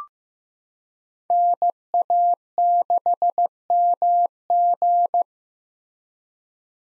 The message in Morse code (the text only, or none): NA6MG